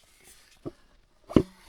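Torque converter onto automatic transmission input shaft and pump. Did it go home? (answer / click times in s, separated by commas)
yes / 1.4 s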